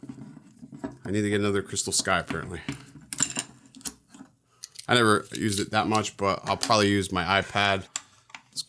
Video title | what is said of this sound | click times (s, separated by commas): Best Autel EVO 2 Tablet Mount Seriously! | good solid click, man. Holy shit, it's good solid click. | 8.4 s